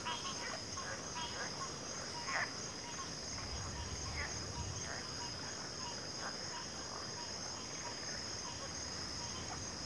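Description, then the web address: Crickets sustain an even, high-pitched chorus, with a few soft frog notes and low rumble in the background. Chorus of crickets in a backwater. "WLL Grade 1-12 Pre-Uni Library Natures Songs Sleep Sounds of Nature CRICKETS Backwater Chorus"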